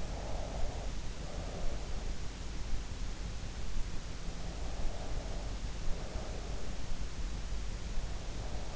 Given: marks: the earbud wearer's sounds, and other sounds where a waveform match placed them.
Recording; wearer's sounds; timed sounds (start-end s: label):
sounds in sleep by an in-ear microphone; breath
0.00-1.75 s: breath
4.68-6.92 s: breath